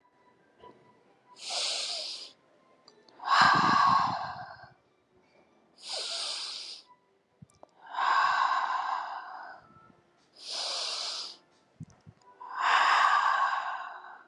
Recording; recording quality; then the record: deep breathing; excellent, no background noise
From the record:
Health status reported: healthy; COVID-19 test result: not tested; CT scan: not taken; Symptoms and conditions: none ticked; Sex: female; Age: 35 years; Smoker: no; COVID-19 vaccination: one dose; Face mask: not worn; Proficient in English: yes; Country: India